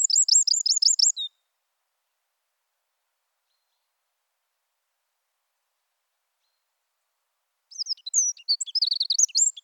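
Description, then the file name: Eurasian wren song: a fast high trill of repeated notes in the first 1.3 seconds, then a long silence before another burst of rapid, varied high notes near the end. "Troglodytes troglodytes"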